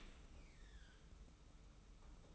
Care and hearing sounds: daily activity, microphone in the room; open dishwasher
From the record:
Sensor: 1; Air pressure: 991.3 hPa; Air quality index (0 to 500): 122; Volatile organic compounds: 230 ppm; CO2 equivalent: 4304 ppm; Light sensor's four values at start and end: 40/125/49/51 and 40/125/49/51

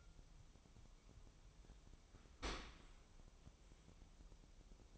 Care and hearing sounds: daily activity, microphone in the room; open dishwasher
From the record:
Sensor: 1

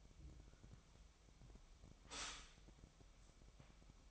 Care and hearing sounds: daily activity, microphone in the room; stop toaster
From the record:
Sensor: 1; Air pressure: 1002.0 hPa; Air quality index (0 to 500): 239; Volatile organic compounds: 43 ppm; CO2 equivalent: 3199 ppm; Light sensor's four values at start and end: 10/35/12/14 and 10/35/12/14

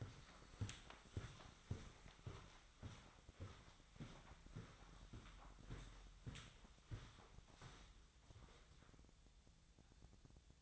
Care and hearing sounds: daily activity, microphone in the room; walk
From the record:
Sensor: 3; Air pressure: 1009.3 hPa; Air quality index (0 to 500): 192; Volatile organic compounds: 4 ppm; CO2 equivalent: 1554 ppm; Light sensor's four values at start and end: 58/149/65/68 and 56/143/63/66

